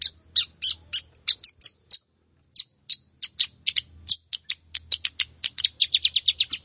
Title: Ciblek Sawah